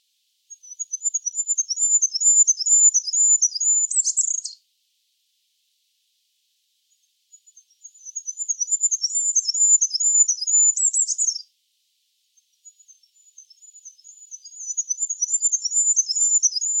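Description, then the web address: Bird repeating a high, rapid chirping phrase three times, the first two ending in a short buzzy trill and the last cut off; quiet between phrases. "cianscape. Deverinetal 2025. Bird Only"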